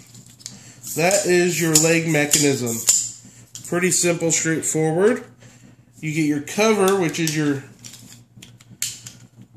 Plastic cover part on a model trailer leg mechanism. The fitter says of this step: cover is going to be your b8 that just clicks into place